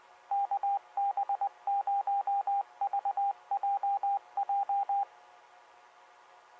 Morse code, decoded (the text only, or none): KB0VJJ